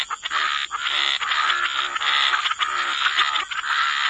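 Frogs calling in a dense, almost unbroken chorus of rough croaks with only a few brief dips, over a steady high hum.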